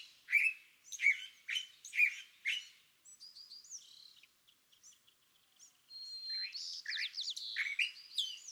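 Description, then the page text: California thrasher singing: a series of harsh, repeated chup-like notes, then thin high whistles and soft twitters, ending with a louder jumble of varied phrases. Dawn song on March 9, 2017, at Montaña de Oro State Park, Los Osos, California; the thrasher repeats a chosen theme of notes that morning. "Song, excerpted from a longer dawn session on day 1. listen for the repeated theme of notes that the thrasher has chosen to use this morning. March 9, 2017. Montaña de Oro State Park, Los Osos, California"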